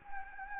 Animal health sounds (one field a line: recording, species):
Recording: mosquito wingbeat signal from an infrared sensor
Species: Anopheles gambiae